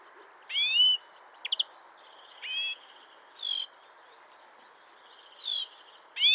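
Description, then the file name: European greenfinch giving bright sweeping notes and short chirps at irregular intervals, over a soft steady hiss. "Chloris chloris"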